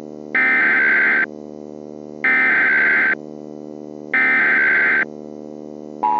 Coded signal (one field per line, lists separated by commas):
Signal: Emergency Alert System (SAME) tones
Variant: header bursts